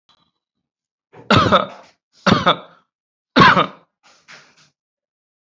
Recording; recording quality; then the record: shallow voluntary cough; excellent, no background noise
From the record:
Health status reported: COVID-19 positive, moderate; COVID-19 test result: positive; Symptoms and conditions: breathing difficulty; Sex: male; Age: 53 years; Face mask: worn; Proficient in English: no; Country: India